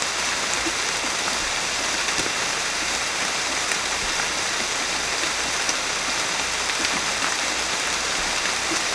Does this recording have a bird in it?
no